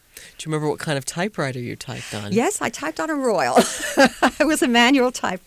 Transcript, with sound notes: Do you remember what kind of typewriter you typed on?
Yes. I typed on a Royal. ( she laughs ) It was a manual typewriter.